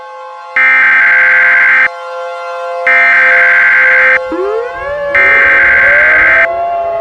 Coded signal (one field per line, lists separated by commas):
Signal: Emergency Alert System (SAME) tones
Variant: header bursts